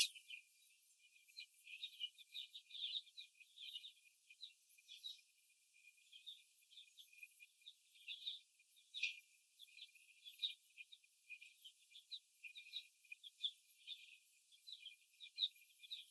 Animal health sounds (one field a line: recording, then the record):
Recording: young laying hens in a cage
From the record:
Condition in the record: after the stressor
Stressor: simulated dog barking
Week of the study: 1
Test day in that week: 2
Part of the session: 2